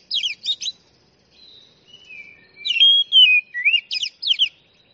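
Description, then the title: Oriental magpie-robin song with sharp repeated downslurred chips, a sustained whistled note and rising-falling melodic phrases, all high-pitched and clear. Champion Oriental magpie-robin (kacer juara) singing. "Kicau Burung Kacer Juara"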